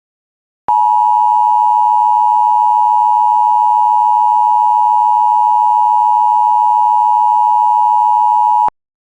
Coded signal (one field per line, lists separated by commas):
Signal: Emergency Alert System (SAME) tones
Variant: 853 and 960 Hz attention tone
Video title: DOUBLE HEADER SVR + SVR EAS #179-180